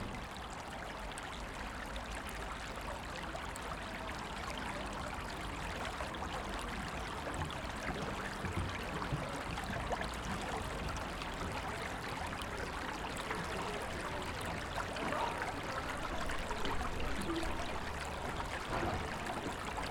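flowing stream water

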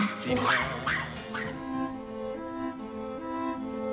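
dog barking and whimpering

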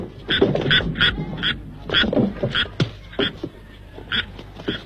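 frog croaking

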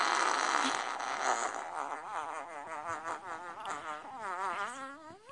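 fart

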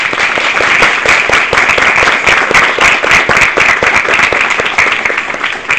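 audience applause

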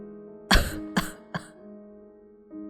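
man coughing violently

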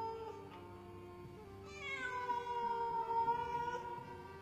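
cat meowing mournfully

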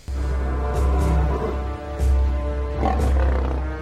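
lions roaring

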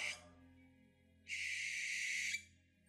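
owl hooting three times

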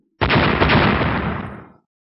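loud explosion

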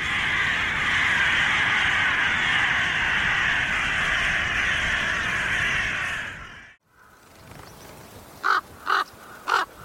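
common raven calls

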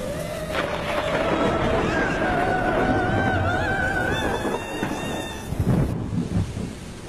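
heavy rain with thunder

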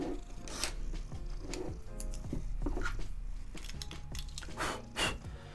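cat purring

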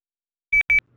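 phone beeping

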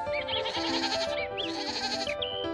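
goats bleating

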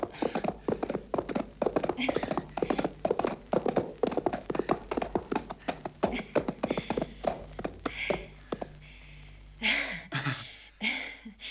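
horse hooves galloping

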